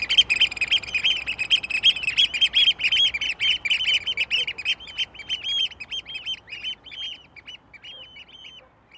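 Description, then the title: Eurasian oystercatcher piping calls, loud rapid shrill notes at first, then slower looping calls that fade away toward the end. Call described as shrill; birds fly with bill open, calling loudly. "Viikon luontoääni: Meriharakka"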